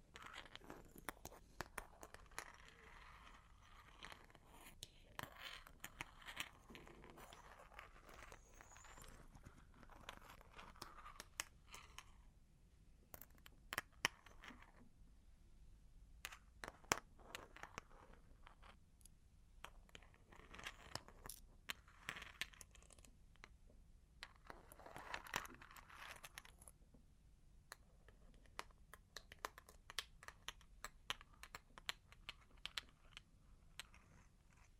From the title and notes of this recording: Long Claws Tapping and Scratching (No Talking).